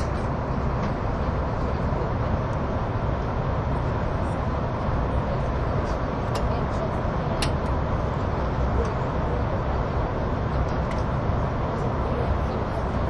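A train runs with a steady, dense low rumble and roar, with faint brief clicks and squeaks scattered through, especially around seven seconds.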